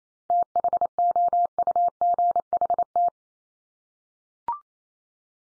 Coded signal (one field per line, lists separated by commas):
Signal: Morse code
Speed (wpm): 28 wpm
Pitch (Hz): 700 Hz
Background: none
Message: THOUGHT